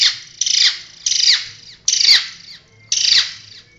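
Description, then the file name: Long-tailed shrike song: harsh, scratchy bursts with rasping upper notes, repeated several times. Combined variations of song. "kombinasi cendet variasi"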